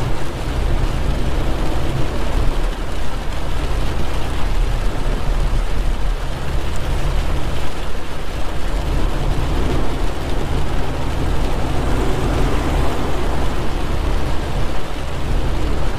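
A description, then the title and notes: Driving at night in the rain, with a heavy, steady low rumble of the car underneath a dense, even patter and hiss of rain. The sound holds level for the whole stretch, with no clear separate events and no voices or music. Night driving in the rain with no talking or music in the background.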